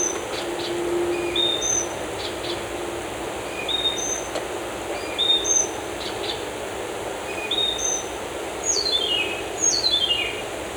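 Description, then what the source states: Bird song of scattered short high whistles and chirps at an irregular pace, with a couple of quick descending trills near the end, over constant background hiss. Birds in a forest.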